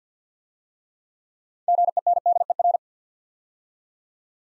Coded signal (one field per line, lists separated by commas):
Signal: Morse code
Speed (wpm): 52 wpm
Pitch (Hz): 700 Hz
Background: none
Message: GENDER